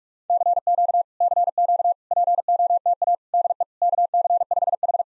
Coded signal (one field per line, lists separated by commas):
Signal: Morse code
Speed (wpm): 46 wpm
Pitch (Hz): 690 Hz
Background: none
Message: CQ CQ POTA DE KC5H